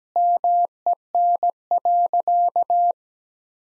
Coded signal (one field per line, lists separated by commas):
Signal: Morse code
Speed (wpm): 17 wpm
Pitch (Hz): 700 Hz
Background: none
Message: MEN.